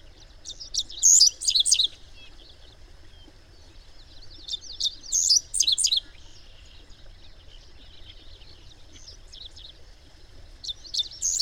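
Bird song in three bursts of high, rapid chirps and twitters, each lasting about a second or more, separated by quiet gaps.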